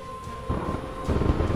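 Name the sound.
lightning strike thunder effect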